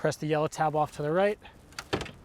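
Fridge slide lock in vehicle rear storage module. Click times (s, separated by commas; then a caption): 1.8 s, 1.9 s. Someone talks, then the yellow tab on the right of the extended fridge slide in the rear storage module of a Jeep JL is pressed to unlock it so it can be pushed back in. Metallic latch clicks sound at 1.8 s and 1.9 s, followed by the slide moving. The fridge slide lock releases.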